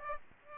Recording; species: mosquito wingbeat signal from an infrared sensor; Aedes aegypti